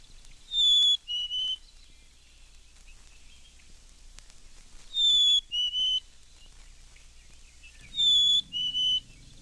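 Black-capped Chickadee song: a clear whistled two-note fee-bee, the second note lower, repeated three times, about three to four and a half seconds apart.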